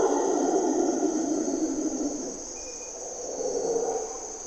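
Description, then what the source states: Mantled howler monkey roaring loudly at first, dipping, then swelling again, its hoarse voice set against ongoing high insect buzzing. Mantled howler monkeys (Monos Congos) waking the jungle at morning twilight, Parque Nacional Corcovado, Osa Peninsula, Costa Rica; distinctive grunts and calls, males audible from several kilometers away.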